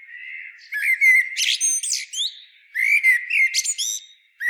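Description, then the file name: Common blackbird song, a run of warbled notes ending in squeaky, chattering high twitters, repeated in two bursts. "Turdus merula"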